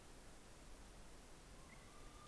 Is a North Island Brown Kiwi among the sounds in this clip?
no